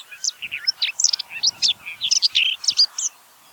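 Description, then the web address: Common whitethroat song, a fast run of scratchy, chattering high notes packed closely together for about three seconds, with no other clear sounds. "geluiden grasmus zang"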